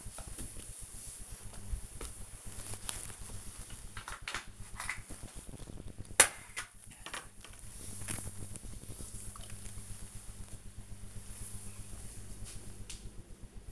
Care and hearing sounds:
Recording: household activities, microphone on the right wrist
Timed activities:
0.00-9.49 s: floor cleaning

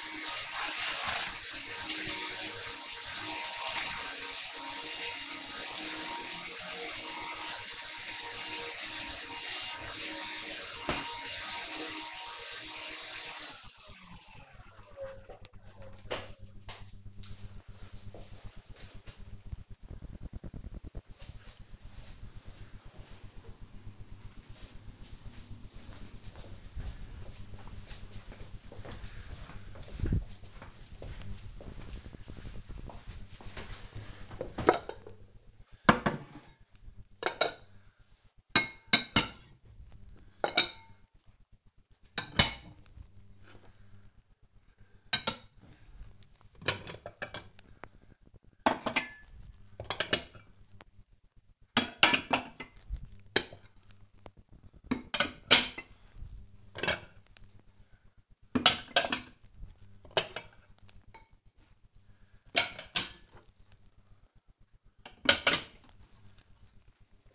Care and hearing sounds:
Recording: household activities, microphone on the right wrist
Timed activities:
0.00-12.98 s: vacuum cleaning
35.14-67.35 s: putting away the dishes

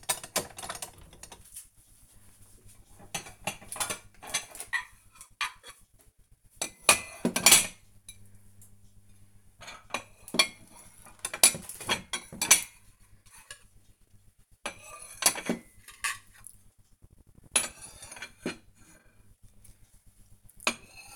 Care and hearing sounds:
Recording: household activities, microphone on the right wrist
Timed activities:
0.00-21.16 s: putting away the dishes

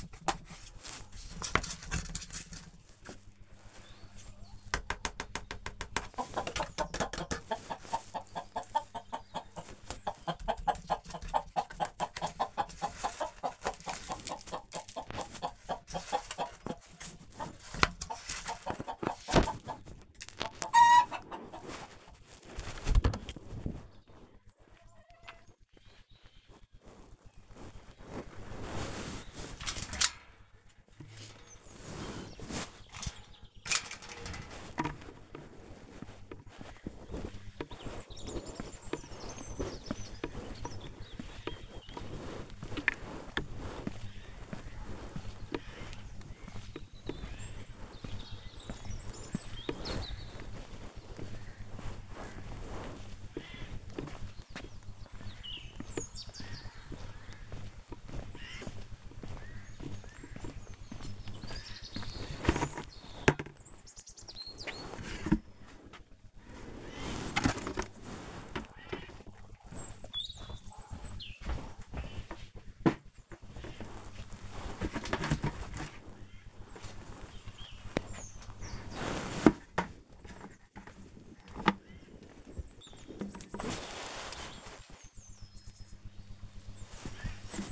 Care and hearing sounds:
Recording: household activities, microphone on the right wrist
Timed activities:
0.00-42.98 s: feeding the chickens
48.01-87.72 s: working in the garden

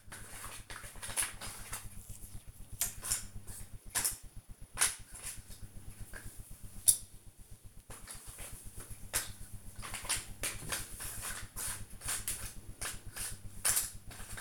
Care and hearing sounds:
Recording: household activities, microphone on the right wrist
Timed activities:
0.00-14.41 s: doing a puzzle

